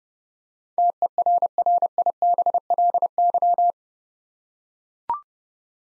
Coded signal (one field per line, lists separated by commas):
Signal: Morse code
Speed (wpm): 30 wpm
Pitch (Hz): 700 Hz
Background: none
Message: TERRIBLY